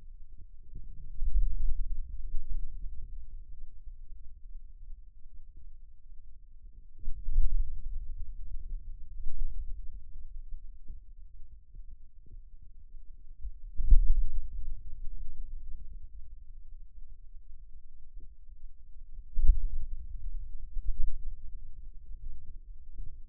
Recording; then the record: forearm muscle sounds (acoustic myography)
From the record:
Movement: pen grasping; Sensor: system 2, bracelet of six BSWA MPA416 microphones around the upper forearm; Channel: 1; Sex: male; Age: 22 years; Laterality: right